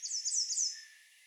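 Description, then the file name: American redstart song fragment: a quick run of thin, very high, sibilant notes lasting about one second, then a faint hiss. Recorded on 20 June 2020. "2020-06-20 American Redstart"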